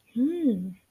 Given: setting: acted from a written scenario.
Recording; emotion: vocal sound without words; interest